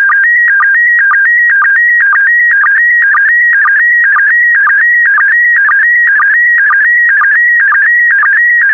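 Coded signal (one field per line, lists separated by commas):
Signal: SSTV (slow-scan television)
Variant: PD120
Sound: warbling tone shifting between pitches, with brief low blips about twice per second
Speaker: Five, four, three, two, one. Thank you. Transmission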